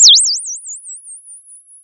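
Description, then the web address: Bird chirp: one high, pure whistle that swoops down and then wavers up and down in ever narrower swings, settling into a thin steady tone as it fades. "Sound of a bird tweeting nicely"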